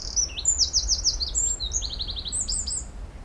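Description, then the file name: Eurasian wren song in full flow: quick high whistled notes tumbling into a brisk even trill and more sharp notes, over faint low rumble. "Troglodytes troglodytes"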